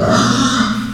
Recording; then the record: squeal of a Yucatan mini pig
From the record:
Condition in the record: after surgery on the right vocal fold (resection and tissue-engineered implant); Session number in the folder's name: 11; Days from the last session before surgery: 98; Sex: female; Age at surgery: 19 weeks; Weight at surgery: 25 kg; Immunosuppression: prednisolone